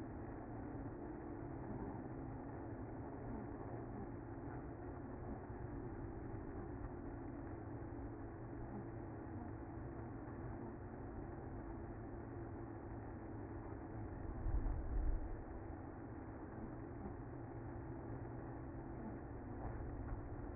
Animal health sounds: honeybee colony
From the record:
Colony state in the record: active

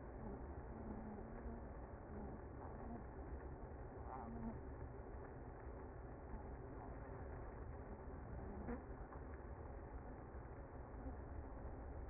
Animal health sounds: honeybee colony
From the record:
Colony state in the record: active

